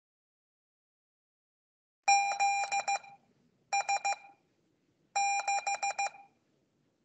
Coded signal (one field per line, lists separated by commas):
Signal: Morse code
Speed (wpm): 15 wpm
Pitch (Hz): 800 Hz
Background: none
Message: ZS6